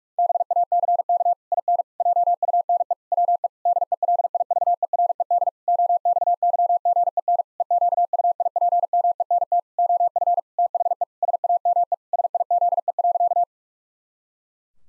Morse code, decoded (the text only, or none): BACK IN JUNE WE DELIVERED OXYGEN EQUIPMENT OF THE SAME SIZE.